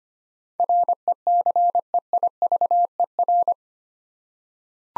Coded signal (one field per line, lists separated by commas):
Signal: Morse code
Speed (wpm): 25 wpm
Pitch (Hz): 700 Hz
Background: none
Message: RECEIVER